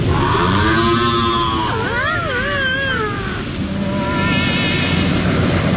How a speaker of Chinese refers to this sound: 第一辆来的公车是一大猫公车， 大猫巴士。